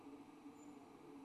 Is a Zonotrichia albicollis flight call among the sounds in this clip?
no